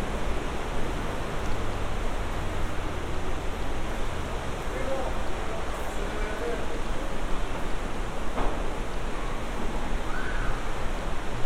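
On Santa Monica beach beneath the pier, a dense, steady rush like surf fills the clip, with faint low hum and brief clicks throughout.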